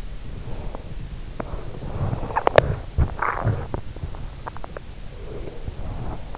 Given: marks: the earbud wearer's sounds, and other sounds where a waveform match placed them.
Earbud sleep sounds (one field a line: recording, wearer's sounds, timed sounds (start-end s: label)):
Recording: sounds in sleep by an in-ear microphone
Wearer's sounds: body movement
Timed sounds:
0.00-5.94 s: body movement